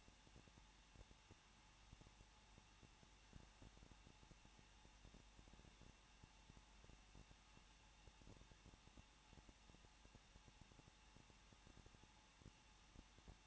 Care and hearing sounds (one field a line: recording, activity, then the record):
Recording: daily activity, microphone in the room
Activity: no activity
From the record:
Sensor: 1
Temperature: 20.1 degrees Celsius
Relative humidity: 39.1%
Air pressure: 1006.5 hPa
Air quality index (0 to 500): 216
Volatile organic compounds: 72 ppm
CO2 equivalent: 3534 ppm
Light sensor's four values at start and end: 1/2/1/1 and 1/2/1/1